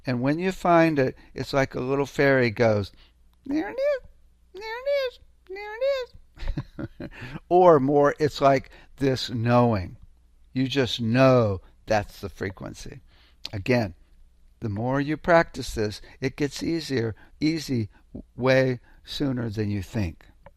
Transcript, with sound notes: And when you find it, it's like a little fairy goes, "There it is! There it is! There it is!" (laughs) Or, more, it's like this knowing. You just know that's the frequency. Again, the more you practice this, it gets easier, easy, w- way sooner than you think.